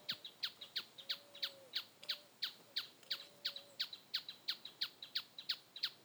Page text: Churrín Plomizo (Scytalopus pachecoi). Santiago Juan Torres